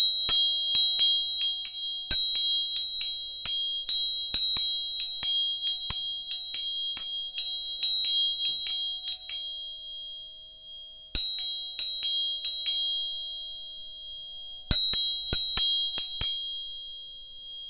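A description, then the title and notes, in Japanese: A tuning fork is struck again and again, each tap a sharp metallic click followed by a clear, high, steady ring that lingers between hits. Strikes come in quick runs for the first ten seconds, pause, then return in two shorter bursts as the tone fades. 音叉チューニング3本。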